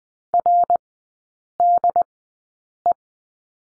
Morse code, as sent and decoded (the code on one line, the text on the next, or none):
.-. -.. .
RDE